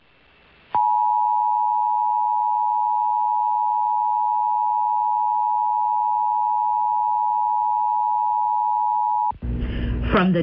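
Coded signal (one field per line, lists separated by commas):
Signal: Emergency Alert System (SAME) tones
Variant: 853 and 960 Hz attention tone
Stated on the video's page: Required monthly tests recorded from broadcast TV stations in Michigan, kept close to the original broadcast with uneven audio levels.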